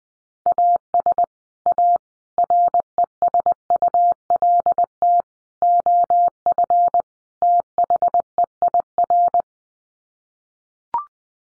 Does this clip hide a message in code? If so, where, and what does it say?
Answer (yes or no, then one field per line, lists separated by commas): yes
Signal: Morse code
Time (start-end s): 0.5-9.4 s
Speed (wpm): 19 wpm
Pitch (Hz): 700 Hz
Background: none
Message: AS A RESULT OF THEIR